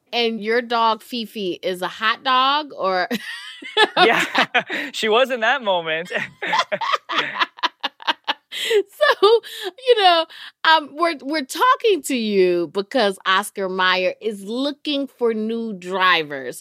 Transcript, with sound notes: And your dog Fifi is a hot dog or (laughter)
Yeah. She was in that moment.
(LAUGHTER) So, you know, we're talking to you because Oscar Mayer is looking for new drivers.